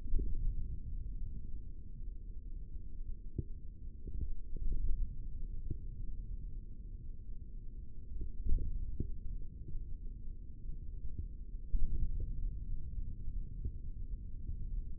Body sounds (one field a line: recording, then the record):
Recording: forearm muscle sounds (acoustic myography)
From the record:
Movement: index flexion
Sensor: system 3, bracelet of six PUI Audio POM-2738L microphones around the upper forearm, with dedicated amplification and filtering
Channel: 5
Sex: male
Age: 23 years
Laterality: right